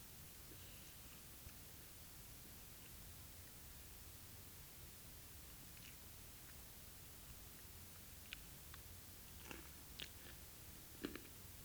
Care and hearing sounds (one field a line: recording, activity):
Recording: daily activity, guitar pickup as the sensor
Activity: eat